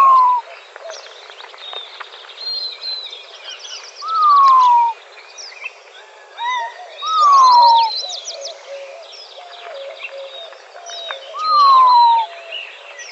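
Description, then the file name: Montezuma quail repeating a clear descending whistle four times, roughly every three to four seconds, amid a chorus of other birds' chirps and trills. Recorded in Arizona on 17 May 2004. "MONTEQUAIL 051704"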